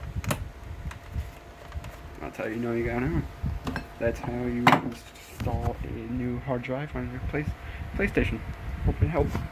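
After a new hard drive is installed, the plastic hard drive bay cover is pushed back onto a PlayStation 4 game console. It seats with a sharp double click at 0.2 and 0.3 seconds. Someone then talks.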